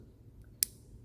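A wire terminal is slid into a factory vehicle connector housing, past a rubber gasket, until it locks. Against a low, steady background, a single sharp, bright click sounds at 0.6 s. The terminal is seated and holds when tugged.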